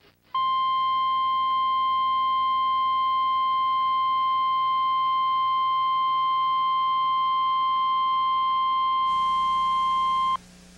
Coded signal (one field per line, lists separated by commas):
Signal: Emergency Alert System (SAME) tones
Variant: 1050 Hz attention tone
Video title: Angry EAS: Required Monthly Test